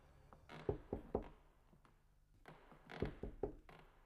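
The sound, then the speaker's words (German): Soft, hesitant knocking on the salon door of a villa: a quick group of three muted raps, a short pause, then another group of three, with no voices. “wandte sich in Richtung Salon und klopfte vorsichtig an.”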